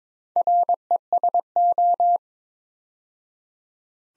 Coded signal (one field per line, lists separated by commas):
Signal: Morse code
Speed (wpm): 22 wpm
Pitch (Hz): 700 Hz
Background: none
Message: RESO